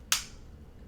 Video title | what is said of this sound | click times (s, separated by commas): Lexi Vapes - Nord 2 Unboxing | that's how you know it clicks in a place and it makes a very audible click | 0.1 s